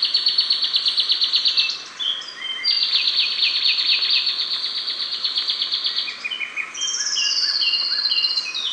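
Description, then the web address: Sepia-brown wren song, long stretches of fast rattling trills and quick chirps, ending with a drawn-out high phrase and scattered short notes. Ecuador. "Natures Songs S America Birds of Ecuador Sepia-brown Wren"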